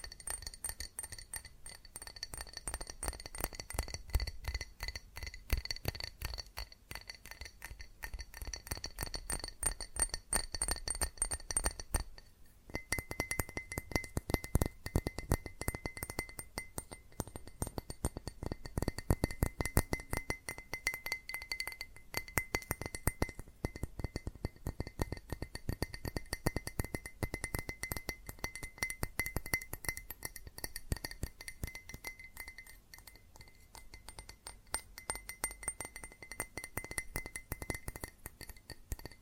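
Fast tapping on glass and ceramic objects, a dense, rapid patter of sharp clicks that barely pauses for the whole length. Bright ringing tones hang over the taps, shifting pitch after about twelve seconds when the tapping moves to another object.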